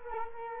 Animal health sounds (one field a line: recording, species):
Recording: mosquito wingbeat signal from an infrared sensor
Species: Culex quinquefasciatus